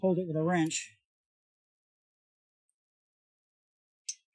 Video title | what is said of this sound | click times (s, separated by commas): Live Stream 2002 Toyota Echo Front Brake job | Now if you notice, it didn't click. | none